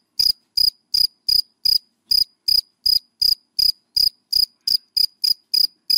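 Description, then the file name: Cricket sings a run of strong, high chirps, evenly spaced about two and a half per second, with one short gap. Crickets calling, given by the Vietnamese names dế mèn, dế cơm and dế than. "Tieng de men de com de than keu"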